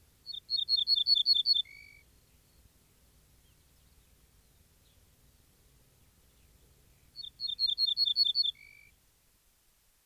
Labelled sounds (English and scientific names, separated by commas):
Ortolan Bunting (Emberiza hortulana) song